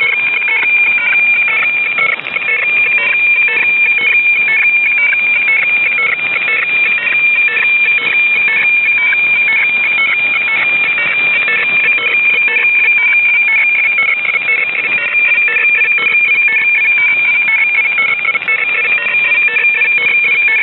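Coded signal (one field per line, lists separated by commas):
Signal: weather fax (radiofax)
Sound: steady high droning tone broken by quick warbling dips, rhythmic twice per second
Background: radio static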